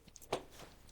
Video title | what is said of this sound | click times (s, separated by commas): Best Glassing Chair for Hunters: Why I Love the Hillsound BTR Stool | and then to lock them into place you just got to twist it | 0.3 s